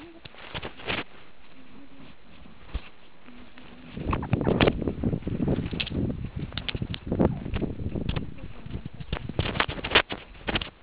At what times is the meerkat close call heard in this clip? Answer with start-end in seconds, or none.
4.50-4.60, 7.31-7.47